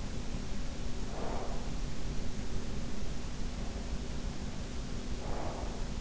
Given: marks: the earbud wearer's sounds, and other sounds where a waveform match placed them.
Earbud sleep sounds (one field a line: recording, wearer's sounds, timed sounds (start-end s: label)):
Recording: sounds in sleep by an in-ear microphone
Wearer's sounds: breath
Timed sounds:
0.87-1.86 s: breath
5.03-5.93 s: breath